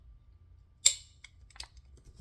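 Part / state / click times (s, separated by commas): hammer catching on the sear in a rifle lower receiver / seated / 0.9 s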